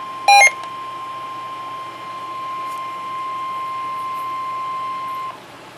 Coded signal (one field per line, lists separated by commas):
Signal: Emergency Alert System (SAME) tones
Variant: 1050 Hz attention tone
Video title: EAS #5 - Severe Thunderstorm Warning